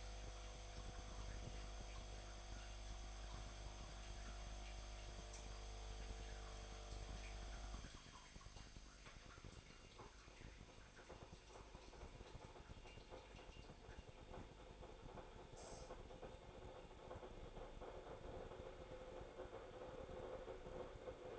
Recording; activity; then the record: daily activity, microphone in the room; make coffee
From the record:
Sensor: 5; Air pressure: 1007.4 hPa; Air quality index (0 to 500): 119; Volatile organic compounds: 1 ppm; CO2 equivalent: 913 ppm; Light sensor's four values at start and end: 29/69/28/30 and 28/66/27/28